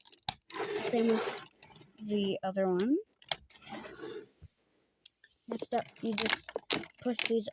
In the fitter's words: snap these parts into place like that.